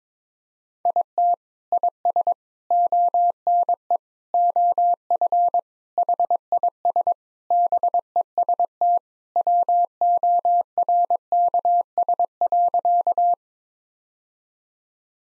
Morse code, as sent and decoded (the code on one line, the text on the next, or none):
.. - / .. ... / --- -. . / --- ..-. / .... .. ... / -... . ... - / .-- --- .-. -.- ... .-.-.-
IT IS ONE OF HIS BEST WORKS.